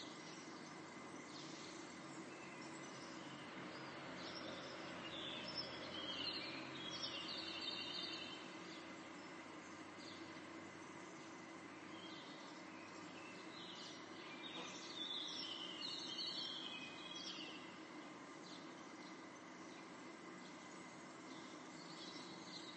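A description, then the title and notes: Morning birdsong rises over a steady, dense rumble that fills the whole clip without letup. Bright chirps and twitters cluster around the 5–9 second mark and again near 14–18 seconds, thinning out between and toward the end. Morning Birdsong in Portugal. Recorded with my crappy iPhone from my bedroom window in Setúbal during the spring of 2020.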